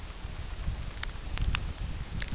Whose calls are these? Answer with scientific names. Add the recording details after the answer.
none. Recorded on Arctic tundra, site UTQI-8, on 9 June 2019. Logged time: 16:00